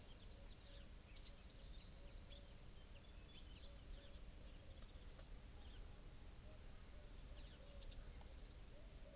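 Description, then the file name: Eurasian blue tit calling twice, each time thin high notes leading into a rapid scolding buzz. "Cyanistes caeruleus"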